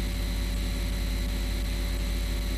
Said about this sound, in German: Wesentlich ist es schon Noise, also Rauschen, eben ein bisschen durchsetzt von verschiedenen leicht rhythmischen oder wiederholenden Elementen.